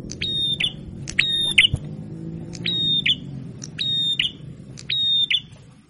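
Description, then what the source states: Prinia buzzy calls: flat, harsh, harmonic-rich notes each opened by a sharp click and ending in an accent, repeated about once a second, over a low background hum. Masteran training recording of a red-headed prenjak (prinia) in full song (gacor).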